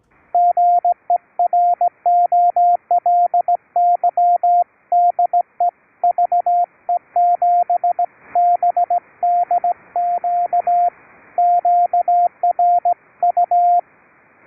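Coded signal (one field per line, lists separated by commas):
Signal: Morse code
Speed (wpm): 17 wpm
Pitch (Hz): 700 Hz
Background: radio noise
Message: GE ROLY DE VE7BDQ QRU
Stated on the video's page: Heard on the British Columbia Public Service Net on 3.729 MHz, from a station operated from home with audio sent via Mumble.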